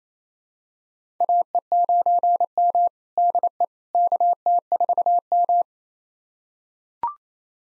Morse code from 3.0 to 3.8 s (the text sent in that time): DE